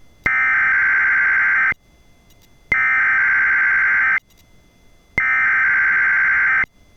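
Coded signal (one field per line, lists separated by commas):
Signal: Emergency Alert System (SAME) tones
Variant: header bursts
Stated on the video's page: NOAA Weather Radio weekly test relayed through EASyCAST and Sage equipment.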